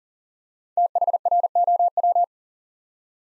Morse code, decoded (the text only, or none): THROW